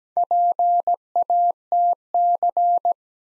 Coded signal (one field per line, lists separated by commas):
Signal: Morse code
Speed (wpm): 17 wpm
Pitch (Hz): 700 Hz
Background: none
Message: PATC